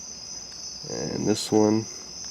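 A second crimped wire terminal is handled before being pushed into a connector housing, over a steady high-pitched chirring tone that runs the whole clip. Someone talks briefly in the middle. Nothing has seated or clicked yet.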